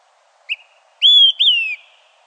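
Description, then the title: Olive-sided Flycatcher song: a short soft opening note, then two loud slurred whistles, the last dropping in pitch, in a quiet background. "LuckyPassaro Completos2Sama. Olive-sided Flycatcher (Contopus cooperi)"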